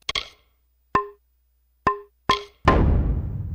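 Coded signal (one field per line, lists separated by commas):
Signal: none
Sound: game music percussion sounds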